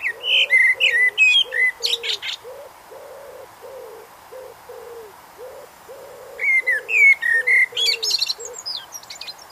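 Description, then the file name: Eurasian blackbird singing two phrases of low fluted whistles, each ending in a high squeaky twitter, over a steady series of deep, repeated dove-like coos. "Turdus merula"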